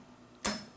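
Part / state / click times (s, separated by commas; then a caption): removable top piece snapping onto an IV pole / seated / 0.5 s. A removable top piece is fitted over the top of an IV pole while assembling it for a bedside head-wash setup. After near-silence, a single sharp, bright snap sounds at 0.5 s and fades over about two tenths of a second. The top piece snaps into place and is seated.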